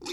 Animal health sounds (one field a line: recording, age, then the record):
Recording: pig call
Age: weaner (32 to 43 days)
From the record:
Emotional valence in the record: negative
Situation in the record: long isolation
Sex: female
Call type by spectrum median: low-frequency call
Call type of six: mixed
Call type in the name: high-frequency stable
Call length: 0.13 s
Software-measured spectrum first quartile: 410 Hz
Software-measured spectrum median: 1995 Hz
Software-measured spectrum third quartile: 4358 Hz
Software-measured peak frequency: 347 Hz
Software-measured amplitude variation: 110 dB a second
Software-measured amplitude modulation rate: 11.3 a second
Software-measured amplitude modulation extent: 9.7 dB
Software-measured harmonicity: 3.2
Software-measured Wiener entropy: -3.23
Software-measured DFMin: 658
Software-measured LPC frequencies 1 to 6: 360, 1048, 2290, 3610, 4382, 5293 Hz